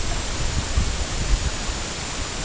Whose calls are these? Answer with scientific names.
none